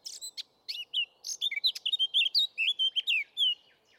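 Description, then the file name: Eurasian blackcap song: a quick scratchy twitter that breaks into loud, clear fluted whistles, over a faint low background hiss. "Sylvia atricapilla"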